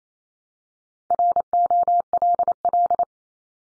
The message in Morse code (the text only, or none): ROLL